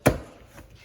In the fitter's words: And whenever you're traveling, just snapping it back into place